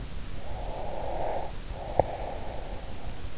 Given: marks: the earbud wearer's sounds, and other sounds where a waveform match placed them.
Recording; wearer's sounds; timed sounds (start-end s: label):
sounds in sleep by an in-ear microphone; breath
0.23-3.38 s: breath